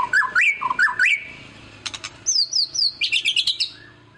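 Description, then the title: White-rumped shama singing varied whistled phrases, looping slurs then quick descending notes and a fast chattering run, interspersed with sharp clicking sounds. Song used as a lure to make other birds respond. "PANCINGAN MURAI BATU GACOR"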